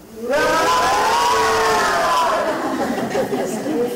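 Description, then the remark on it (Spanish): A group of voices shouts together in one long, loud sustained yell at the end of a breathing exercise, starting abruptly, holding steady for a few seconds, then gradually breaking up and fading slightly. “Y en esta última gritamos.”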